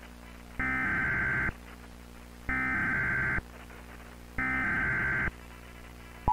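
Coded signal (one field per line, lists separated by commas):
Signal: Emergency Alert System (SAME) tones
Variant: header bursts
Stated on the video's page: Fictional EAS scenario in VHS found-footage style, a staged recreation.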